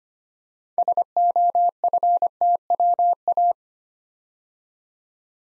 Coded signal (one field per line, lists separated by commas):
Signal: Morse code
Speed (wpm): 25 wpm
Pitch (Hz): 700 Hz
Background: none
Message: SOFTWA